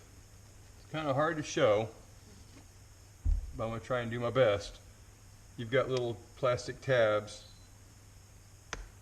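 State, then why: Released. A cheek pad is pulled out of a motorcycle helmet shell while someone talks. At 8.7 s, a short, sharp snap is heard as the pad's first plastic snap tab pops open and comes loose, and the pad is released.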